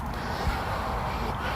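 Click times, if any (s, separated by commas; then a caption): none. On a 2012 Volvo XC90 D5 4x4, a tag is pulled on the bottom section of the third-row seat to lock it into its seat frame latch. Only steady low background noise is heard, with a faint soft thump around 0.5 s. The seat section has not clicked into place.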